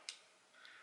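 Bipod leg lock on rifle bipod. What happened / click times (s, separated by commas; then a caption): A spring latch clicked open, releasing a hinged part / 0.1 s. Pressing the button on a metal Magpul rifle bipod releases the leg lock to bring the leg up, giving one short, sharp click at 0.1 s. A fainter sound follows at 0.65 s, and the bipod leg is released.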